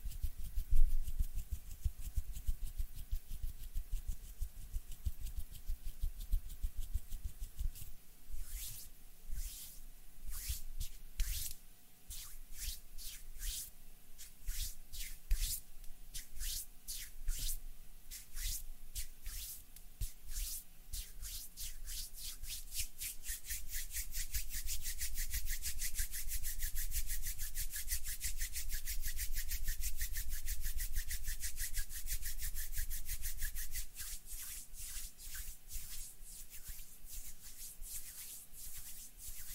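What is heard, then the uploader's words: Hand sounds: dry rubbing and brushing at first, then from about eight seconds a quick run of crisp taps and scratches. The movements grow denser and a little louder around the middle third before easing. A faint steady hum sits underneath throughout. HAND SOUNDS AND MOVEMENTS ASMR. NO TALKING.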